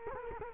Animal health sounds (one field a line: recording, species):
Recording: mosquito wingbeat signal from an infrared sensor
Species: Culex quinquefasciatus